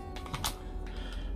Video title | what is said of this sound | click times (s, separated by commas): DJI MAVIC MINI AND DJI SPARK DRONE COMPARISON | and that fits just snaps right in there | 0.5 s